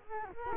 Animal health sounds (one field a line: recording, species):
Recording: mosquito wingbeat signal from an infrared sensor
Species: Culex quinquefasciatus